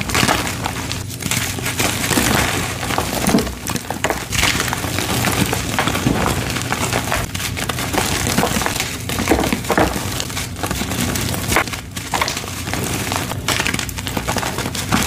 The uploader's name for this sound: Rainbow gym chalk compilation